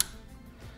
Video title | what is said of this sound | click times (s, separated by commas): How to Build a PC - Raijintek Ponos - Guide | anchoring it on the Left sliding it down clicking on the left | 0.0 s